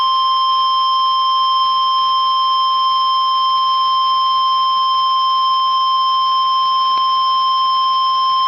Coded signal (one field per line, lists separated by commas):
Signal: Emergency Alert System (SAME) tones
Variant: 1050 Hz attention tone